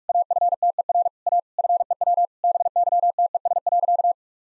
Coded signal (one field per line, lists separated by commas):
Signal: Morse code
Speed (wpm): 41 wpm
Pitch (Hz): 700 Hz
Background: none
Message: AFTER A FEW BYTES.